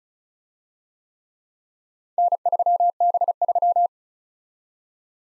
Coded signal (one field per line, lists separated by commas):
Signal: Morse code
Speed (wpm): 35 wpm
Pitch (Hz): 700 Hz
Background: none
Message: N3B3